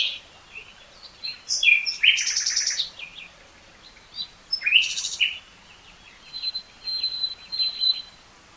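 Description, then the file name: Common nightingale song with two harsh rattling phrases separated by a pause, then a series of soft, high repeated whistles. "Luscinia megarhynchos"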